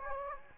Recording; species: mosquito wingbeat signal from an infrared sensor; Anopheles gambiae